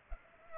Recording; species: mosquito wingbeat signal from an infrared sensor; Culex pipiens